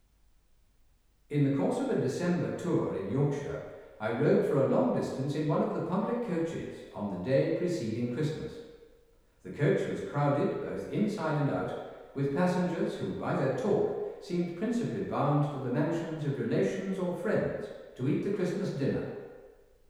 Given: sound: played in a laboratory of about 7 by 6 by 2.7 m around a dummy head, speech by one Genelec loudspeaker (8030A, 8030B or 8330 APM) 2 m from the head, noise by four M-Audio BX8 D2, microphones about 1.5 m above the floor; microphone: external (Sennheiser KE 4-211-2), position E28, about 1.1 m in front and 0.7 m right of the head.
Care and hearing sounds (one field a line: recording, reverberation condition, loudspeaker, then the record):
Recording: male speech in English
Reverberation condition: high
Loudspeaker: 120 degrees to the right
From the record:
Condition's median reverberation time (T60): about 1300 ms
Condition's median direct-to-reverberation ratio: about -4.0 dB